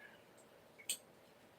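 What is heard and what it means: A small metal jewelry ring or clasp is twisted around on the end link of a chain until it snaps back into place. A faint tick comes just before a single sharp, bright metallic click at 0.9 s, over quiet background. The ring is seated on the chain.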